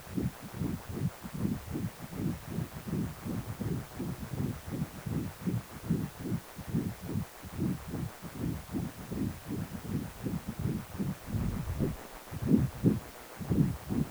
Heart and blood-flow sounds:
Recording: Doppler ultrasound of blood flow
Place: precordium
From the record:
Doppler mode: continuous wave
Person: healthy adult, 18 to 50 years, no heart murmur, not diving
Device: 2.5 MHz transducer

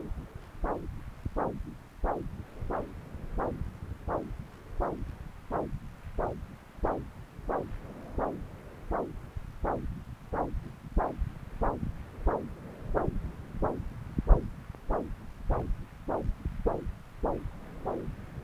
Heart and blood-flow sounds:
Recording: Doppler ultrasound of blood flow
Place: left subclavian vein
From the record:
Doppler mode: continuous wave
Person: adult scuba diver, at rest before a dive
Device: O'Dive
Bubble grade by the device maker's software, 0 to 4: 0

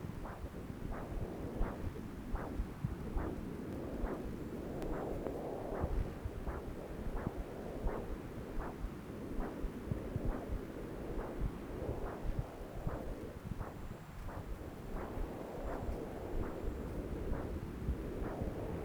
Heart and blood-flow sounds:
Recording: Doppler ultrasound of blood flow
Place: left subclavian vein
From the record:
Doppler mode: continuous wave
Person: adult scuba diver, at rest before a dive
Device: O'Dive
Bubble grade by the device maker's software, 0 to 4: 0

